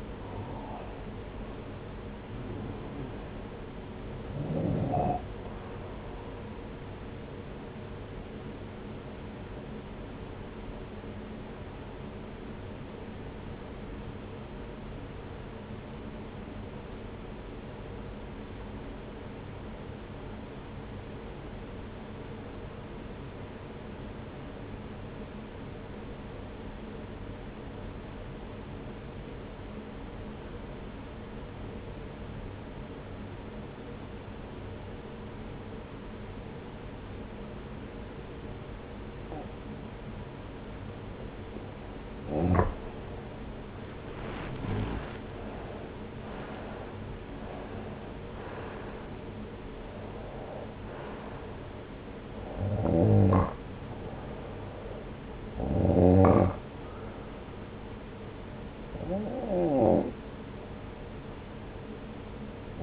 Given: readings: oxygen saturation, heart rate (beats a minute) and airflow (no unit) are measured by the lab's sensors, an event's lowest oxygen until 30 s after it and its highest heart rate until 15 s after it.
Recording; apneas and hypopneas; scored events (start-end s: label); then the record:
breathing in sleep by a voice recorder at the bedside; 1
11.00-43.30 s: obstructive apnea (N1, oxygen 95% highest, then 87% lowest)
28.00-58.00 s: new sleep stage, N2 (light sleep)
58.00-62.83 s: new sleep stage, N1 (lightest sleep)
From the record:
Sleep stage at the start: N1 (lightest sleep); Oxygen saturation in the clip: 87 to 95%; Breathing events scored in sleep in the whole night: 303 in 8.1 hours asleep